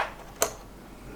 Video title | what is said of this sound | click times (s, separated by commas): Rebuilding my pc with my new Asus Tuf RTX 3070 GPU - reverse pc build guide. | and you heard it click out | 0.4 s